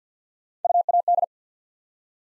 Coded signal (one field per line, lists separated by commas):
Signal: Morse code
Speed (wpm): 50 wpm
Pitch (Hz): 700 Hz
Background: none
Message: UAD